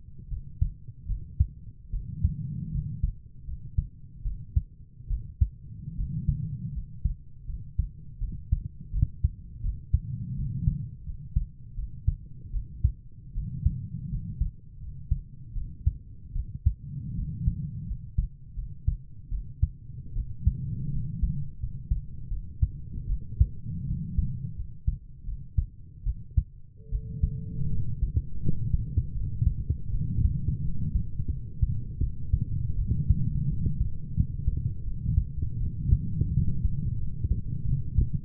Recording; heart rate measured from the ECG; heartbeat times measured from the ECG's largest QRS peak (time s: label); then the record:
heart sounds by stethoscope; 80 bpm
0.30 s: heartbeat
1.08 s: heartbeat
1.92 s: heartbeat
2.72 s: heartbeat
3.46 s: heartbeat
4.24 s: heartbeat
5.09 s: heartbeat
5.96 s: heartbeat
6.73 s: heartbeat
7.47 s: heartbeat
8.20 s: heartbeat
8.92 s: heartbeat
9.62 s: heartbeat
10.36 s: heartbeat
11.05 s: heartbeat
11.76 s: heartbeat
12.52 s: heartbeat
13.34 s: heartbeat
14.10 s: heartbeat
14.80 s: heartbeat
15.54 s: heartbeat
16.34 s: heartbeat
17.15 s: heartbeat
17.87 s: heartbeat
18.56 s: heartbeat
19.30 s: heartbeat
20.14 s: heartbeat
20.91 s: heartbeat
21.60 s: heartbeat
22.30 s: heartbeat
23.08 s: heartbeat
23.86 s: heartbeat
24.56 s: heartbeat
25.25 s: heartbeat
26.05 s: heartbeat
26.91 s: heartbeat
27.71 s: heartbeat
28.42 s: heartbeat
29.14 s: heartbeat
29.92 s: heartbeat
30.63 s: heartbeat
31.30 s: heartbeat
32.00 s: heartbeat
32.77 s: heartbeat
33.49 s: heartbeat
34.15 s: heartbeat
34.85 s: heartbeat
35.60 s: heartbeat
36.33 s: heartbeat
36.99 s: heartbeat
37.66 s: heartbeat
From the record:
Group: healthy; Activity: rest 0-29 s, light exercise 29-38 s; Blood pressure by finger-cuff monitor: 125/67 mmHg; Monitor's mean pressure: 84 mmHg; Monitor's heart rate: 81 bpm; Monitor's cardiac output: 7.1 L/min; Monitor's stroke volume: 89 mL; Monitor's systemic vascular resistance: 850 dyn s/cm5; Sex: female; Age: 22 years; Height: 160 cm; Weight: 63 kg